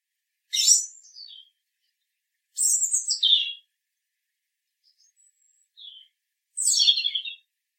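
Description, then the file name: European robin singing a few sweet, high warbling phrases separated by pauses of a few seconds, each a thin tumbling cascade of rapid notes. "Erithacus rubecula"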